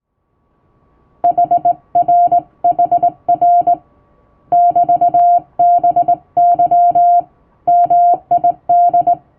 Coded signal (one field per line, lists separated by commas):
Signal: Morse code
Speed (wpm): 20 wpm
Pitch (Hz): 700 Hz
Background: music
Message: HRHR <BT>BY MID